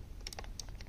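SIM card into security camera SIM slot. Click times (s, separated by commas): 0.3 s, 0.6 s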